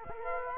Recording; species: mosquito wingbeat signal from an infrared sensor; Culex quinquefasciatus